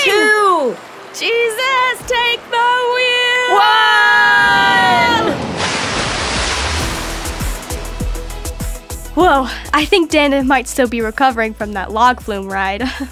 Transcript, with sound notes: Two...
JESUS TAKE THE WHEEL!
ONE!
(Huge splash, screaming) Whew! I think Dannah may still be recovering from that log flume ride.